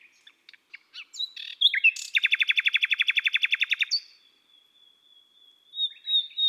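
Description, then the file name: Common nightingale song: scattered soft notes build into a long fast rattle, followed by a thin sustained whistle. "Rossignol philomele Chants doiseaux des bois et des forets"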